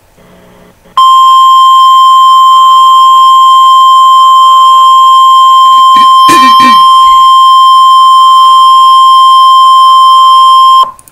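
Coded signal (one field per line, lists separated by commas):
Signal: Emergency Alert System (SAME) tones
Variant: 1050 Hz attention tone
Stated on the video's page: Mock Severe Thunderstorm Watch EAS alert for Oklahoma.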